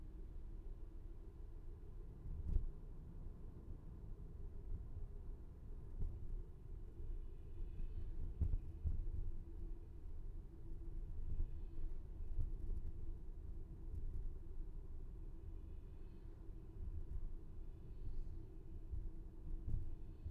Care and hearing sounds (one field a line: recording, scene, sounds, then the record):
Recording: everyday scene through a hearing-aid microphone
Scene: in a vehicle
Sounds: engine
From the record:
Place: VW T5 Caravelle, diesel engine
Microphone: behind the ear, left, rear